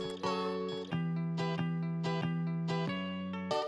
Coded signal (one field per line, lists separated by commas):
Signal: none